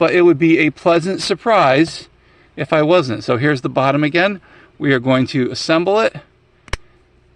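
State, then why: Seated. Someone talks, then the plastic torso of a collectible toy figure is pressed onto its lower half. Two sharp clicks sound at 6.7 s and 6.7 s as the halves snap into place, a bit tighter than the previous figure.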